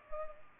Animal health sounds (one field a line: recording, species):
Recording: mosquito wingbeat signal from an infrared sensor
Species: Culex pipiens